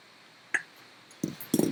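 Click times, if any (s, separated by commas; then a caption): 0.5 s. During a QAV210 drone rebuild, a frame part is pressed down over the wiring into the drone frame, and a sharp click at 0.5 s marks it locking into place. Duller handling knocks and rustles follow around 1.2 s and 1.5 s. The frame part is seated and locked.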